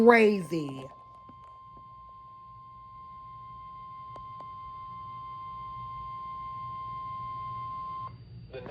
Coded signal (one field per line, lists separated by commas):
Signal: Emergency Alert System (SAME) tones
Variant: 1050 Hz attention tone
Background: speech